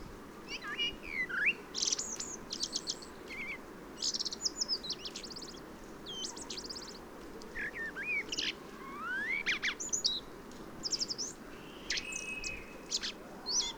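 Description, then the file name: Common blackbird song, several short phrases of low fluted notes mixed with high scratchy twitters, spread throughout with brief pauses between them. "Turdus merula"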